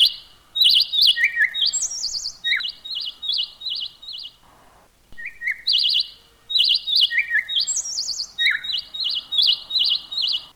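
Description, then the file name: Bird song of fast trilled chirps and buzzy notes, delivered in lively phrases that shift between high and lower pitches, with a short quiet stretch midway. "tiengchimhot dangcapnhat"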